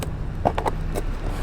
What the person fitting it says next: Okay, lock ஆயிடுச்சு.